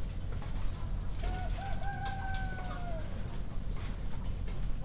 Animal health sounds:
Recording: poultry house recording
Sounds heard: healthy chickens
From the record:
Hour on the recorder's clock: 0

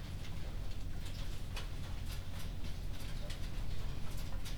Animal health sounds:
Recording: poultry house recording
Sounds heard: no chicken sound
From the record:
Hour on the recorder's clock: 22

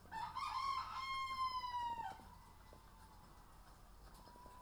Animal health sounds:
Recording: poultry house recording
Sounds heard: sick chickens (respiratory disease)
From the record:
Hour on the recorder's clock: 7

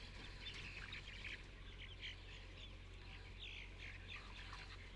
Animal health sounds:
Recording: poultry house recording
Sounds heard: healthy chickens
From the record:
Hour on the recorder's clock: 10

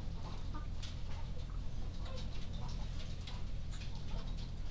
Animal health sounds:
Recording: poultry house recording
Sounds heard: sick chickens (respiratory disease)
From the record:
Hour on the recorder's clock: 0

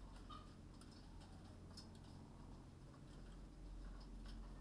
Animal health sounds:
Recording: poultry house recording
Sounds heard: sick chickens (respiratory disease)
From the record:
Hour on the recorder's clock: 21

